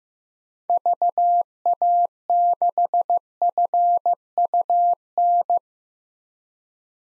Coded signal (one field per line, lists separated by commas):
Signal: Morse code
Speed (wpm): 15 wpm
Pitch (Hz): 700 Hz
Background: none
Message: VA6FUN